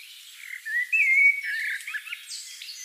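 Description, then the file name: Common blackbird singing a smooth, sustained whistle that slides into softer warbled notes and a brief scratchy flourish. "Turdus merula"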